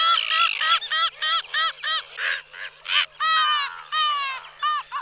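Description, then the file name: Slender-billed gull calls: nasal, harmonic, downslurred notes repeated in quick, slightly uneven series, with several birds calling and overlapping. "Racek tenkozoby Chroicocephalus genei"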